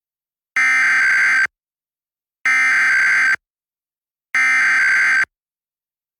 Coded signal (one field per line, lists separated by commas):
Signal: Emergency Alert System (SAME) tones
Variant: header bursts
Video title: EAS: Pennsylvania Required Monthly Tests (7/16/20)(EAS #421-429)